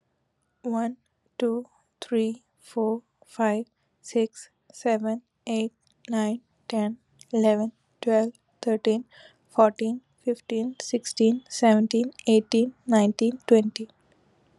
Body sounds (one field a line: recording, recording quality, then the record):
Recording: counting at a normal pace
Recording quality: excellent, no background noise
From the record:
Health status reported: COVID-19 positive, mild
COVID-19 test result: positive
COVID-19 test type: RT-PCR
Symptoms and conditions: cough, cold, fever, muscle pain, diarrhoea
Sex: female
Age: 28 years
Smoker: no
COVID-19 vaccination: both doses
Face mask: not worn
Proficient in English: yes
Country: India